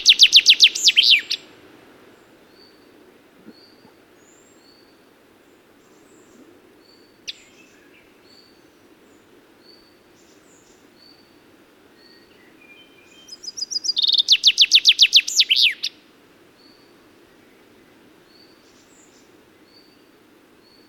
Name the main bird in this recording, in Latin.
Fringilla coelebs